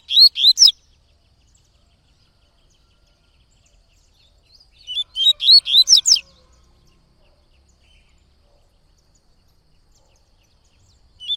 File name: Coleiro Baiano Cantando Muito Canto Tui Tui